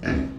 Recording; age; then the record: pig call; growing-finishing pig (85 days or more)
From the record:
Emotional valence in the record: negative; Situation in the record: barren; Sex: female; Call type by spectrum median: low-frequency call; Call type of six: low-frequency stable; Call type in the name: low-frequency stable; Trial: 1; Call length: 0.38 s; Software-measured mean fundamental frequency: 47 Hz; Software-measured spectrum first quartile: 196 Hz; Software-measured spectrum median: 361 Hz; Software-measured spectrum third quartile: 1257 Hz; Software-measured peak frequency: 255 Hz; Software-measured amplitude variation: 137 dB a second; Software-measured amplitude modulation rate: 31.4 a second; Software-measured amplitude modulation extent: 4.4 dB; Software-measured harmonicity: 0.3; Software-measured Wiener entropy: -2.13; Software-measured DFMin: 1035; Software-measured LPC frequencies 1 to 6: 297, 1686, 2399, 3937, 4548, 5396 Hz